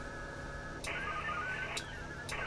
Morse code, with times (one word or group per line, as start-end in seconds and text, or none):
none